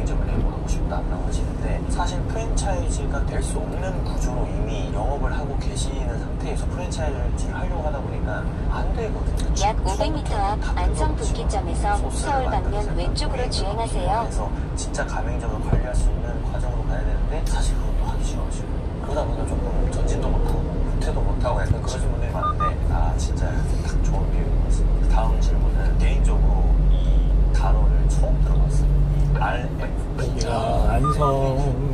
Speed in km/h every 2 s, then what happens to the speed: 41, 41, 35, 33, 34, 36, 35, 34, 31, 30, 31, 33, 37, 39, 39, 37.
0-5 slows to 33. 5-17 steady at about 34. 17-26 speeds up to 39. 26-32 steady at about 39.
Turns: none.